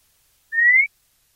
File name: white monjita